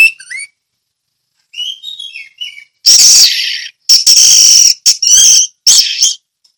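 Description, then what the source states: Orange-headed thrush singing: soft, thin whistled notes give way to loud, harsh, buzzy bursts and ringing phrases. Ngeplong song style.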